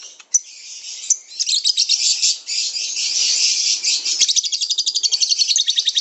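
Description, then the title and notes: Lovebird song, a dense high chatter that breaks into a fast, pulsing trill in the last two seconds. Lovebird singing the long trilling 'ngekek' style, offered as a lure song (kicau pancingan) and described as a master song. "suara Master Kicau Lovebird ngekek, kicau pancingan"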